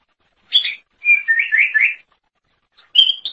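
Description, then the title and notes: Leafbird song: a short squeaky note, a run of warbling buzzy phrases, then a high bright whistle after a brief pause. "Suara Kicauan Burung Cucak Ijo"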